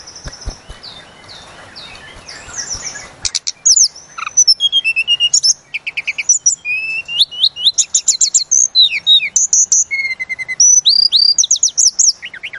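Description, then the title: Sunda robin singing: soft background chatter at first, then a dense stream of fast varied chirps, trills and short whistles. Used to train cage birds. "Masteran Tledekan Gunung Sikatan Gunung"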